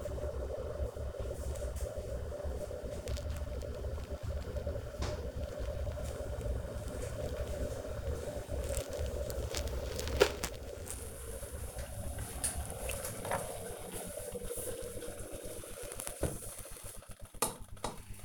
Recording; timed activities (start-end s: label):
household activities, microphone on the right wrist
0.00-18.25 s: making tea